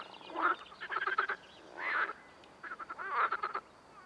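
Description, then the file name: Amphibian croaks in a few separate bursts, some smooth and nasal, others rattling and pulsed, with quiet gaps between them. Amphibian ambience. "AMBAmphibiens"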